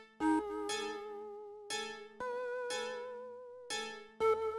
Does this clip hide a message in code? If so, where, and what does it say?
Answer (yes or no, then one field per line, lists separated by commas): no